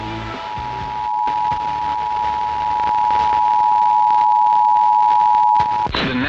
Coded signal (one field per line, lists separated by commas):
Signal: Emergency Alert System (SAME) tones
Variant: 853 and 960 Hz attention tone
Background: music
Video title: [EAS] WQSM - SVR Activation - 8/7/2023